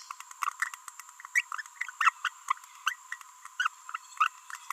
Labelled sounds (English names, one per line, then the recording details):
Green-rumped Parrotlet babbling
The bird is a female
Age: 30 days
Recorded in a nest box in Venezuela
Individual 17B42B1